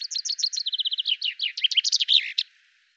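Common chaffinch song: a rapid run of sharp chipping notes that speeds into a faster trill and ends in an emphatic, tumbling flourish, about two and a half seconds long.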